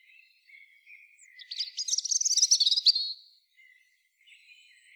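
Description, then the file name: European robin song, a burst of quick high trilled and twittering notes in the middle, with faint thin whistles before and after. "Erithacus rubecula"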